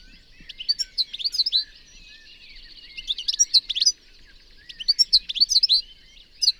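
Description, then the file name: European goldfinch twittering in quick tinkling bursts of bright, high notes, several phrases with short pauses, over a steady high hiss. "Carduelis carduelis"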